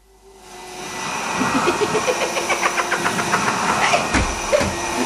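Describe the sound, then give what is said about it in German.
A repaired vacuum cleaner, left running when it was thought to be switched off, spins up and runs with a loud, steady whirring drone, pulsing in a quick, regular rhythm, with a brief rougher burst near the end. “Hab ich den Staubsauger nicht abgestellt?”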